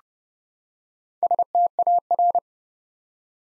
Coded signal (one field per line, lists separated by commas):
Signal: Morse code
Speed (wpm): 30 wpm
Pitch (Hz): 700 Hz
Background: none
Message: STAR